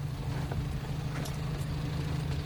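A car engine idles with a steady, low droning hum that holds even throughout, with a faint rattle and a few soft clicks on top and no voices.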